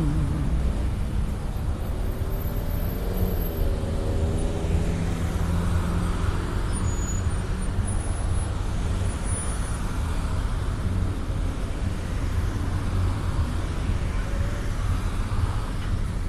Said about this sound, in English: There's my bus. About to go. About to go right to where I gotta be.